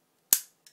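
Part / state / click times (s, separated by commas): small head figure into the robot toy's neck socket / seated / 0.3 s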